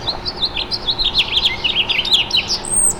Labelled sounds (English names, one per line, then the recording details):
House Finch song
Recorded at Freeport on Long Island, New York, on 28 May 2013
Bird C